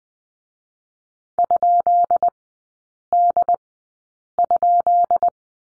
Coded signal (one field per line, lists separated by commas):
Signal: Morse code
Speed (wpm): 20 wpm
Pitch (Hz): 700 Hz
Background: none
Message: ?D?